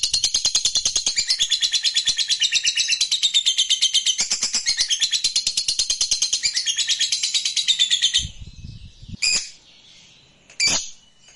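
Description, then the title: Lovebird chattering song, a rapid stream of high, scratchy notes for about eight seconds, then two brief shrill chirps after it ends. Fighter-type lovebird, singing energetically (gacor). "SUARA Lovebird FIGHTER GACOR"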